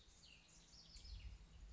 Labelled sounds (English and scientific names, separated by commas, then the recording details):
Cassin's Vireo (Vireo cassinii)
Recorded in Sonoma County, California